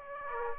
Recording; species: mosquito wingbeat signal from an infrared sensor; Aedes aegypti